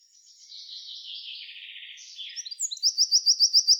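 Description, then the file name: Eurasian wren song: a buzzy, slightly falling rattle that shifts into a quick series of bright, evenly spaced high notes. "Troglodytes troglodytes"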